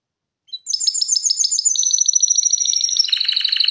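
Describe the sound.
Canary singing a brisk trill of rapid repeated notes that drops to a lower, buzzier rolled trill near the end.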